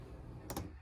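A caravan window stay arm in the frame of a Swift Fairway Classic 2022 window is pushed further out until it clicks into the second open position. Two sharp clicks sound at 0.5 s and 0.6 s over a steady low background hum. The stay is seated in its second open position.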